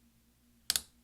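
A finger presses down on the top of a small plastic scissor bracket for the W key on a 13-inch MacBook Pro Early 2009 Core 2 Duo 2.53 GHz laptop keyboard. After near-silence with a faint steady hum, two sharp, bright snaps ring out at 0.7 s and 0.8 s. The bracket seats onto the keyboard retainers.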